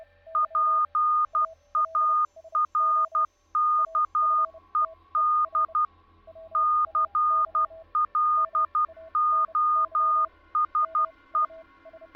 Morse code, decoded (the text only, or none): PARKED CLOSE